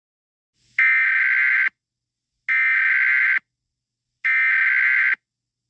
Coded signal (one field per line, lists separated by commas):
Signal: Emergency Alert System (SAME) tones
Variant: header bursts